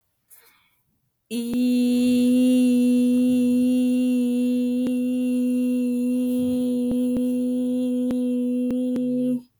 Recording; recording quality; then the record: sustained vowel as in beet; excellent, no background noise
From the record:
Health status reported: exposed to COVID-19, no respiratory illness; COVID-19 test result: negative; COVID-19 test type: RT-PCR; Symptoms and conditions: cough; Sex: female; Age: 24 years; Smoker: no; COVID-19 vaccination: both doses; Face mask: not worn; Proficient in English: yes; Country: United States